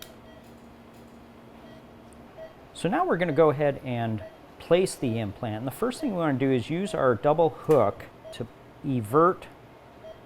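The loading component of a plastic delivery device for a LATERA absorbable nasal implant, with the implant dropped into its chamber, is pushed until it clicks into place with a single sharp click at 0.0 s. A low steady hum follows for a few seconds, then someone talks from about 2.8 s to the end.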